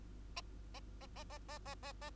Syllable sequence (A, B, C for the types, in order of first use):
A A A A A A A A